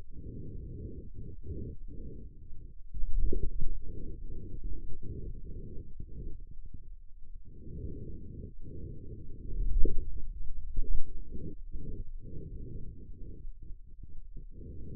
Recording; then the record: forearm muscle sounds (acoustic myography)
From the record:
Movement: hand closing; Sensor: system 2, bracelet of six BSWA MPA416 microphones around the upper forearm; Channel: 6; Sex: male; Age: 22 years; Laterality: right